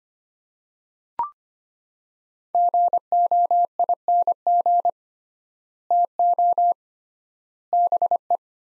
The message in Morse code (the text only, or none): GOING TO BE